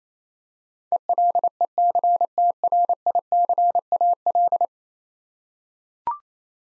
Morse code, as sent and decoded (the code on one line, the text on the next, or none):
. .-.. . -.-. - .-. .. -.-. .- .-..
ELECTRICAL